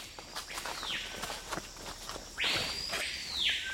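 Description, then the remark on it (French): A screaming piha gives its loud, ringing whistle-like song: a short falling note, then a longer whistle that swoops up, holds high and drops sharply, over soft crackling rustles. “C'est un oiseau qui est très discret, sauf par son chant, qui ressemble vraiment, c'est vrai, à un grand coup de sifflet.”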